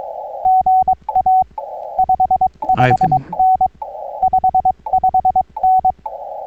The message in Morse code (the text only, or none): GA 55N 55N